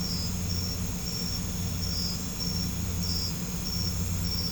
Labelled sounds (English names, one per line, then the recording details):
none
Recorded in pastures near Puerto Asís, Putumayo, Colombia, on 20 December 2024 at 21:30
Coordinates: 0.505, -76.324
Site G063